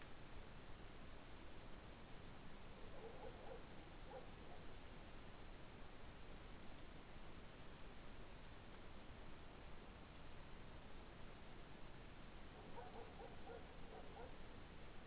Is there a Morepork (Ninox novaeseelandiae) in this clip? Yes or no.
no